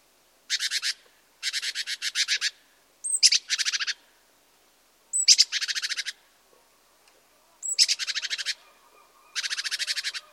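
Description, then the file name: Great tit chattering: a steady run of harsh rattling churrs, about a second each, a few opening with a thin high note. "Parus major"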